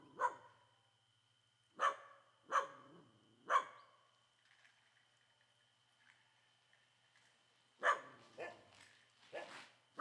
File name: Cachorros Latindo forte em rua pouco movimentada na Comunidade do Moinho